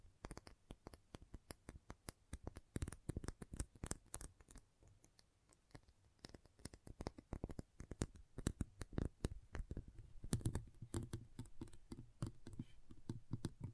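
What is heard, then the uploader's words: Magnets snap and clack together in a steady stream of sharp, crisp clicks, irregular but rarely pausing for more than a moment. The taps bunch into denser flurries around the middle and near ten seconds, where a few heavier, lower knocks mix in. ASMR Intense Magnetic Tingles (No Talking).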